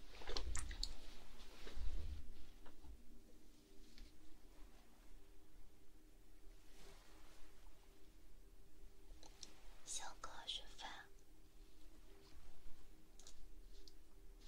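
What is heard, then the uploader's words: Ear blowing with soft airy bursts and scattered clicks, busiest near the start and again around ten seconds, with a few lighter puffs near thirteen seconds. A steady low hum runs underneath throughout, and the quieter stretches stay hushed. ASMR Ear blowing.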